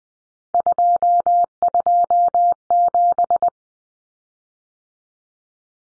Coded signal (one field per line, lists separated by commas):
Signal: Morse code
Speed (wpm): 20 wpm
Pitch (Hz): 700 Hz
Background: none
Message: 227